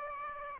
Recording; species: mosquito wingbeat signal from an infrared sensor; Aedes aegypti